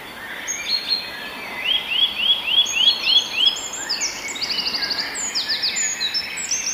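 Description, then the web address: Eurasian nuthatch giving a slow trill of several evenly spaced upslurred whistles, followed by rapid high notes amid other birdsong. "kowalik kowalikwolnetryle"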